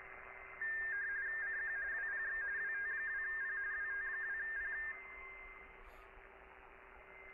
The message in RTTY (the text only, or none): CQ WPX WT2P WT2P